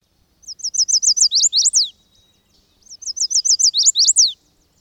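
Chestnut-sided warbler song, a quick series of high sweet notes ending in an emphatic downslurred flourish, sung twice about a second apart.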